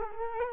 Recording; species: mosquito wingbeat signal from an infrared sensor; Culex quinquefasciatus